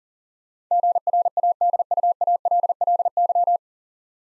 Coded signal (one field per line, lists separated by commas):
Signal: Morse code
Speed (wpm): 43 wpm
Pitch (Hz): 700 Hz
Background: none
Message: GRADUALLY